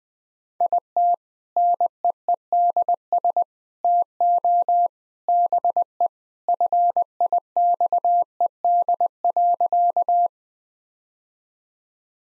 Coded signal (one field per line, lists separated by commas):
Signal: Morse code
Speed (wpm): 20 wpm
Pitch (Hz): 700 Hz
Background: none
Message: IT NEEDS TO BE FIXED.